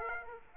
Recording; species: mosquito wingbeat signal from an infrared sensor; Aedes aegypti